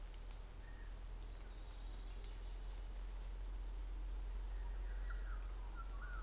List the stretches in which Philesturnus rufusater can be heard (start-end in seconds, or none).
none